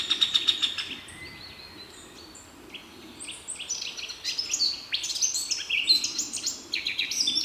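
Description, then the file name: Eurasian blackcap song: a chattering burst at the start, a quiet gap, then bright fluty warbling phrases. "Sylvia atricapilla"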